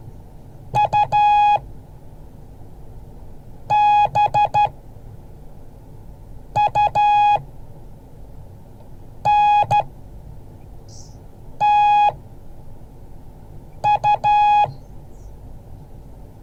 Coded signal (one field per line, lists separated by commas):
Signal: Morse code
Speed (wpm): 13 wpm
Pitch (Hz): 830 Hz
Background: none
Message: UBUNTU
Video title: Morse code class 2023-01-18